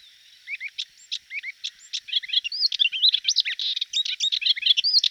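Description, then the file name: Hippolais warbler song: begins with spaced, thin chirps, then speeds into a dense, scratchy stream of mixed whistles and twittering notes. "hypolais"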